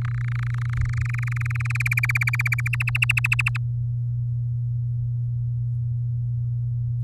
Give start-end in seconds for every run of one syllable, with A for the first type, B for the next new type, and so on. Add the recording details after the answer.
0.01-1.77 A, 1.80-2.68 B, 2.73-3.57 C. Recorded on 7 May 2018 at 17:11. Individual llb16